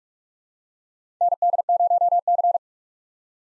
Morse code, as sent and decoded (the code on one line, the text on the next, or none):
-. -.. ----- -.-.
ND0C